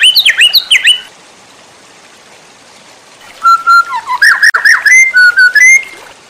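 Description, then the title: White-rumped shama song: a quick burst of sharp, high whistled notes, a pause, then a phrase of clear rising and falling whistles and brief trills. Labaik song style, a masteran training recording for cage birds. "MASTERAN MURAI BATU LABAIK"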